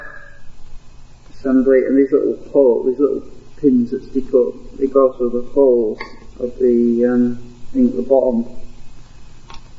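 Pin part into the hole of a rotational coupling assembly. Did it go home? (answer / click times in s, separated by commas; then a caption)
yes / 9.5 s. A pin part of a rotational coupling assembly is pressed into its small hole at the bottom while someone talks. A single short tick at 9.5 s marks the part popping into place, and it is seated.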